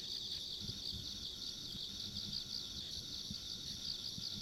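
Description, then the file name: Insects chirp in a continuous fast-pulsing high chorus over soft low background rumble. Ambient insect sounds along a country road. "田舎道の虫の環境音"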